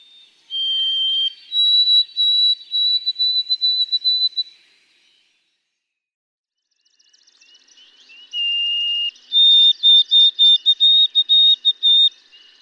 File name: White-throated Sparrow